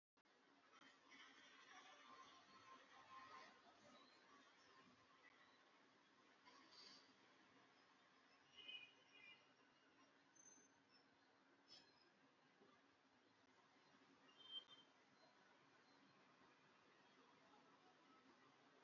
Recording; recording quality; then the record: shallow breathing; moderate, slight background noise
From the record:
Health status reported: healthy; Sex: male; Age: 60 years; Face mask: not worn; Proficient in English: yes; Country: India